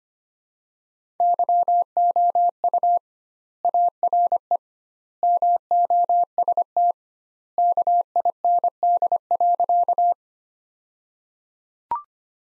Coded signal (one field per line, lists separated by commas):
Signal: Morse code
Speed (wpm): 25 wpm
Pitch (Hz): 700 Hz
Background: none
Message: YOU ARE MOST KIND.